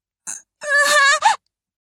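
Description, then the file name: Reindeer grunting call: a short breathy puff, then a longer harmonic call and a brief note that rises and falls. "rena"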